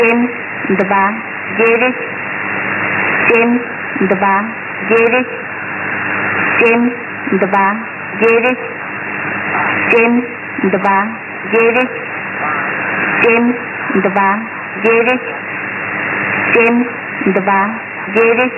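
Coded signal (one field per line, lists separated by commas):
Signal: numbers station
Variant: Russian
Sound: distorted, pitch-shifted spoken words at an even pace over radio hiss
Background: radio static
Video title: Strange Sounds 2017 12 20 (Russian Numbers Station on 20m Band)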